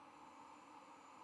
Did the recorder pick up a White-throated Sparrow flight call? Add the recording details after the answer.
no. No flight call is heard. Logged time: 04:55 on 6 November 2014